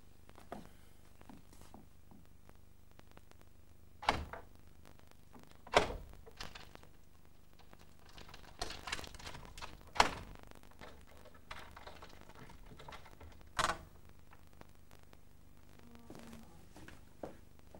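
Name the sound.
door being opened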